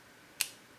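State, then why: Seated. A metal-bodied interchangeable lens is inserted into a film SLR camera's bayonet mount and twisted until it locks. A single sharp, bright click sounds at 0.4 s and fades quickly into quiet background. The lens is seated and locked on the mount.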